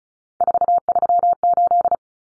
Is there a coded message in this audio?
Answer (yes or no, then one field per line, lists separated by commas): yes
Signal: Morse code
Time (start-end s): 0.4-1.9 s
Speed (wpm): 34 wpm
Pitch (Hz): 700 Hz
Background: none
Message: 438